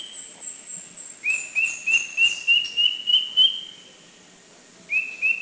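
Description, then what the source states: Philippine drongo-cuckoo call, a fast series of about eight rising whistled notes, evenly spaced, then a pause and two more notes starting again. Recorded at Makiling, Philippines, in 2010.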